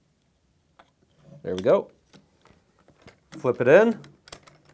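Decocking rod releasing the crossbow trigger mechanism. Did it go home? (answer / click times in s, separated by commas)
released / 4.3 s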